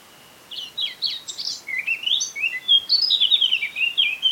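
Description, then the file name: Eurasian blackcap singing a fast, varied warble of high, scratchy and clear notes that tumble up and down for about four seconds. "Sylvia atricapilla"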